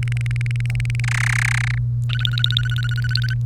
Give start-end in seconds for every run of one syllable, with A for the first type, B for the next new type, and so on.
0.03-1.00 A, 1.04-1.78 B, 2.09-3.34 C